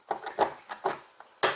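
A replaceable plastic card-reader socket module, swapped out because the sockets wear out on terminals handling many card payments, is pushed back into the body of a KIS-2420 card payment terminal. A series of light plastic taps and knocks at about 0.1, 0.3, 0.7, 0.9 and 1.2 seconds leads to a sharp, loud click at 1.4 seconds as the socket snaps into place and is seated.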